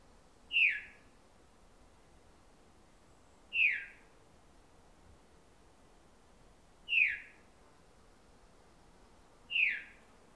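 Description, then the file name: Veery call notes: four sharp descending "veer" whistles, evenly repeated roughly every three seconds, with little else audible. "Veery - Catharus fuscescens"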